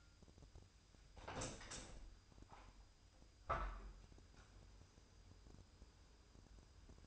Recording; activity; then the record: daily activity, microphone in the room; open window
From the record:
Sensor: 2